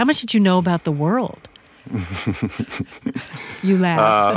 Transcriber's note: laughter